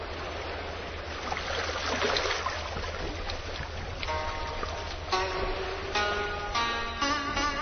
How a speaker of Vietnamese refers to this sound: Ngồi ở phía trước chiếc tam bản đò chèo cọt kẹt, bước trên mặt sông để về Rạch Chiếc